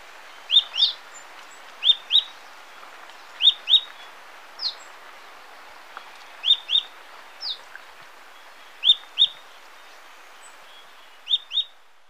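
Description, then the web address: Smoke-colored Pewee singing: crisp high pip notes, mostly in pairs, repeated every one to two seconds, with an occasional single slurred note between. Ecuador. "Natures Songs S America Birds of Ecuador Smoke-colored Pewee"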